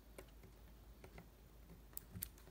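A micro SD card is pushed into a laptop's card slot again after ejecting, until it clicks, and it is released and pops out. Sharp clicks sound at 2.0 s and 2.2 s, after a few soft ticks earlier in the clip.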